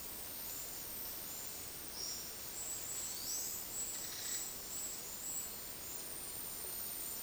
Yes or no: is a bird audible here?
yes